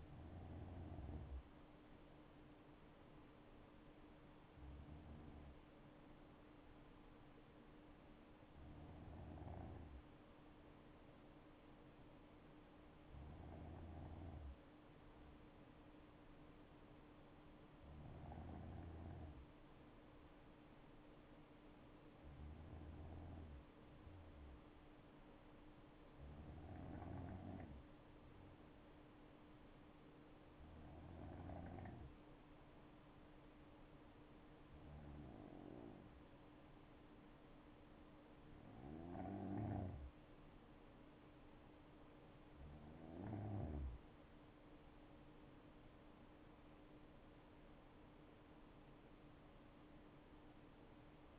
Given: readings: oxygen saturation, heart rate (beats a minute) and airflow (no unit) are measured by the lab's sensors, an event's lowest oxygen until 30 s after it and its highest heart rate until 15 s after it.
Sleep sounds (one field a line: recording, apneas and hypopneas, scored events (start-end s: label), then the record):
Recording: breathing in sleep by a voice recorder at the bedside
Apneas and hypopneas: 1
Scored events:
6.00-34.30 s: hypopnea (N2, oxygen 95% highest, then 92% lowest, heart rate 71 at the start, 76 highest)
From the record:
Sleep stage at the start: N2 (light sleep)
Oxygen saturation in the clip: 92 to 95%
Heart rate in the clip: 62 to 76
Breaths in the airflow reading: 13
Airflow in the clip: -7.5 to 8.3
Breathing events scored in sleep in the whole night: 228 in 5.4 hours asleep